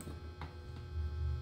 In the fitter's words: Pag may click na kayo na narinig, ibig sabihin ready na siya para hugutin.